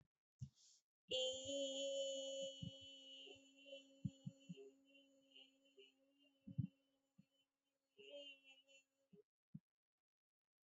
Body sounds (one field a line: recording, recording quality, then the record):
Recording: sustained vowel as in beet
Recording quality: excellent, no background noise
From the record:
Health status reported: healthy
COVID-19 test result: negative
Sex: female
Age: 26 years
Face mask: not worn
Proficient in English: yes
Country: India